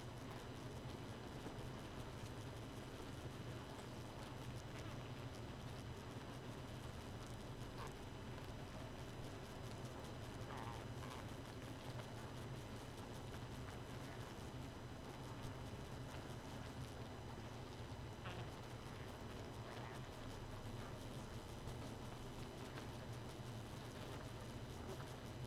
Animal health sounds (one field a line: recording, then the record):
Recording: honeybee colony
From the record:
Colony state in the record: missing queen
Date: 31 May 2018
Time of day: 2:11